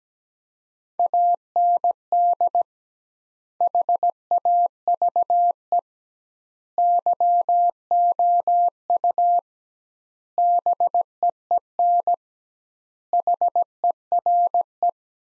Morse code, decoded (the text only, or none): AND HAVE YOU BEEN HERE